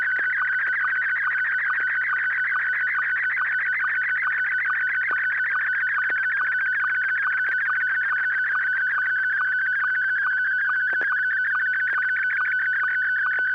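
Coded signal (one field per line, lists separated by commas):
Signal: SSTV (slow-scan television)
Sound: continuous warbling tone near 1.5 kHz with fast, regular chirping sync pulses throughout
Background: low mains hum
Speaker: I do believe I have something I'm ready to send this is actually kind of detailed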